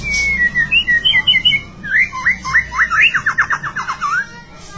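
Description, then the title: White-rumped shama song: clear whistled phrases opening with a long note and quick warbled trills, then a rapid series of sharp downslurred whistles, over steady low hum. "murai batu"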